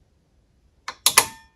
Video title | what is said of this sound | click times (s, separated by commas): Craftsman compact metal travel Sawhorse - Unboxing review tutorial | as you see here you'll hear the click and you'll see that little spring-loaded tab jump out | 1.1 s